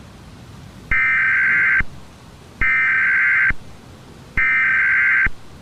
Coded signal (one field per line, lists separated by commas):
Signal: Emergency Alert System (SAME) tones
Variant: header bursts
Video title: EAS Scenario - The Wither Storm Attack | Preview